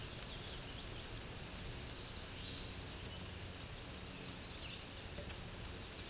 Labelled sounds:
Hooded Warbler (Setophaga citrina) song

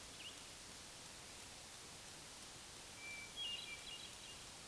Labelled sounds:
Hermit Thrush (Catharus guttatus) song

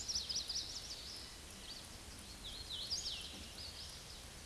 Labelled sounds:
Hooded Warbler (Setophaga citrina) song

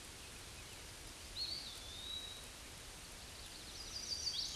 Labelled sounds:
Eastern Wood-Pewee (Contopus virens) song

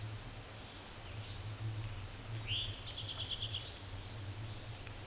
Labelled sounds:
Eastern Towhee (Pipilo erythrophthalmus) song

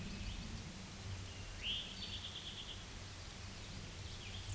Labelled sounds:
Eastern Towhee (Pipilo erythrophthalmus) song

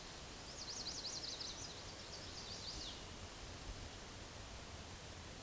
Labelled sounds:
Chestnut-sided Warbler (Setophaga pensylvanica) song

